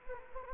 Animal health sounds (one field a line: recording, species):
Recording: mosquito wingbeat signal from an infrared sensor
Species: Anopheles gambiae